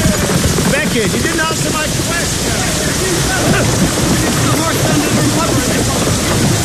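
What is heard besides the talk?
heavy rain storm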